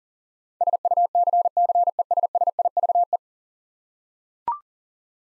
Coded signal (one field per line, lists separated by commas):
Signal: Morse code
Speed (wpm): 40 wpm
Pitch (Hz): 700 Hz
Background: none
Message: SUCCESSIVE